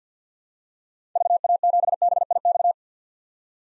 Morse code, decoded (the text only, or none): VA7BIX